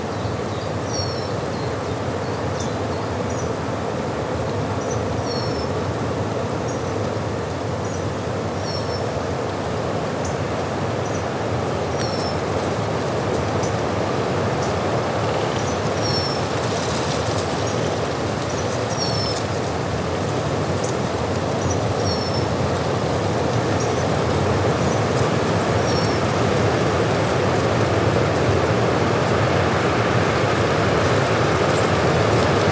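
Wind and weather on the Hochgern: a steady, dense roar of wind fills the recording from start to finish, heavy in the low and middle range and growing slightly louder toward the end. Faint, high chirps, likely a bird, recur every few seconds above it.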